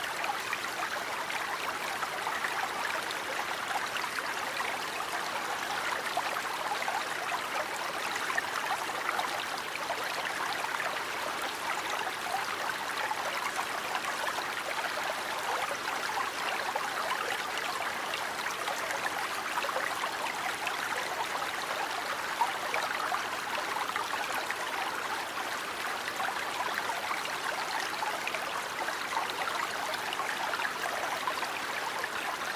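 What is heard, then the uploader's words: Steady, dense rush of flowing water, like a brisk stream, holding an even level throughout with a bright hiss and little low rumble. Sleep Sounds Of Nature Featuring Calming Water White Noise.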